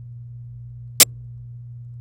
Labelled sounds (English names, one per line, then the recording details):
Domestic Canary song
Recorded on 27 April 2018 at 05:54
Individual llb3